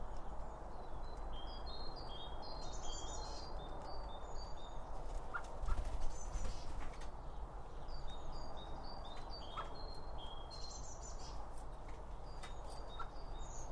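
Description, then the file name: Birds chattering with rapid high chirps and twittering, over a steady low rumble of background noise. Birds around a bird feeder, recorded with two Line Audio OM1 microphones. "Birds Around Birdfeeding With Two Om 1 From Line Audio"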